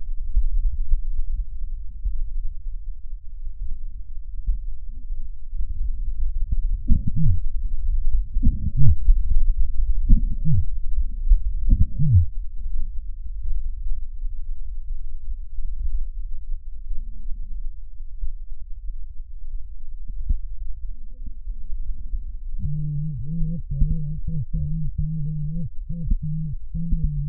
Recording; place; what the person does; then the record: lung sounds by stethoscope; right posterior basal chest; quiet breathing, then cough and speech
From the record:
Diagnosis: COPD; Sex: female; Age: 80 years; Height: 160 cm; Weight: 62 kg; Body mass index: 24.2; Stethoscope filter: bell mode